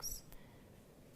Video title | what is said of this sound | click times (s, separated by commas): JewelleryMaker LIVE 03/03/17 1pm - 6pm | and you hear a little click | 0.3 s